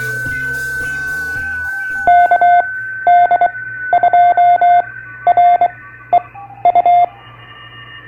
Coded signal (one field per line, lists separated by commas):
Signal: Morse code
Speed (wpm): 24 wpm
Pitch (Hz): 700 Hz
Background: none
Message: KD2REU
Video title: Ham on the Road: Using EchoLink on the East Coast Reflector, and a Visit to Ham Radio Outlet Store!